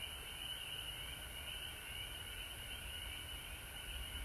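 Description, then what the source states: Frogs in full chorus, continuous buzzy trilling from numerous callers. Frogs recorded at home in Georgia on March 19, 2020.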